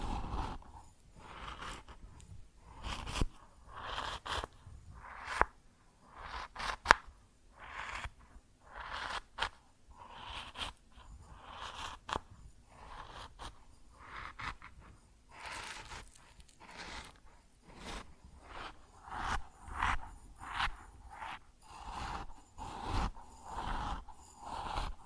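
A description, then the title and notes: Grain shifts and pours in repeated rustling, crunchy bursts, roughly one or two per second, with a few sharper clicks scattered throughout. ASMR Grain Sounds (No Talking).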